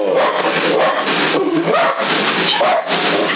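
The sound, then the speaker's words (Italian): A dog named Kurt barks and whines almost without pause, its loud, agitated yelps rising and falling in pitch over a steady hiss of background noise. “Ma non capisco nulla, che c'è il cane travagliato.”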